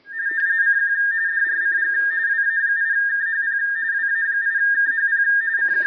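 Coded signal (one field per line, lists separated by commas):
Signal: RTTY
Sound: steady warbling two-tone chatter, rapidly alternating between two close pitches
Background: faint clatter, radio static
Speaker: So and that's what I did, and started decoding the messages. I can't believe it. It's so much fun decoding with a portable device, not a computer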